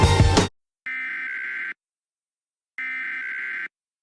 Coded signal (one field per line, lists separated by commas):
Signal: Emergency Alert System (SAME) tones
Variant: header bursts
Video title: EAS Scenario - Possessed II